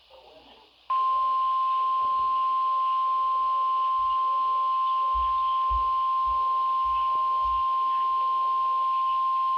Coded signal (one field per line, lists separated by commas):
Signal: Emergency Alert System (SAME) tones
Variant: 1050 Hz attention tone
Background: speech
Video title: EAS/NWR Alert or message #1292-1293: Severe Thunderstorm Warning double header